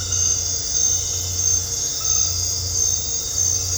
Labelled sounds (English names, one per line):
none